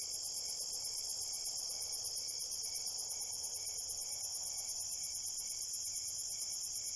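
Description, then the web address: Crickets chirping, a shrill, rapidly pulsed trill repeated evenly several times a second, over a steady high ringing drone. Crickets at night in a cornfield. "Big Room Sound Crickets"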